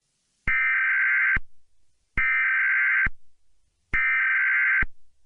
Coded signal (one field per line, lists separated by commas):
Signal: Emergency Alert System (SAME) tones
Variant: header bursts